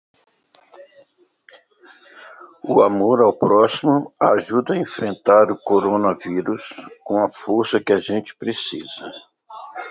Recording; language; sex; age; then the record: spoken sentence; Brazilian Portuguese; male; 60 to 69 years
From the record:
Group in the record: control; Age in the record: 62 years